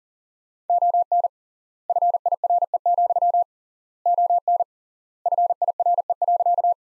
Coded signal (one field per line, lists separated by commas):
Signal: Morse code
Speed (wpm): 40 wpm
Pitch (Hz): 700 Hz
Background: none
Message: ON FIRE, ON FIRE.